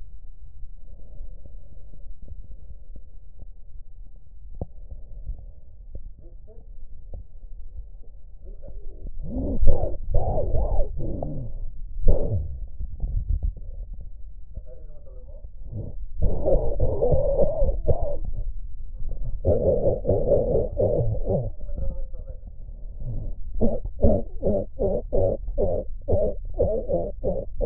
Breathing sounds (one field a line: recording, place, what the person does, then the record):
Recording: lung sounds by stethoscope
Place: left anterior apical chest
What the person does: quiet breathing, then cough and speech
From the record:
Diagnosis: pulmonary infection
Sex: male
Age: 74 years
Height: 171 cm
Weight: 80 kg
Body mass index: 27.4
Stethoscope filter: extended mode